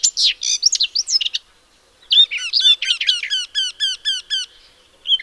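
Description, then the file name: Eurasian blackcap singing: a quick chattering warble, a brief pause, then a series of clear fluty notes repeated in a steady run. "Sylvia atricapilla"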